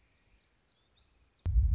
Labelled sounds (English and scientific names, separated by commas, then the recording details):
Black-throated Gray Warbler (Setophaga nigrescens)
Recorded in Sonoma County, California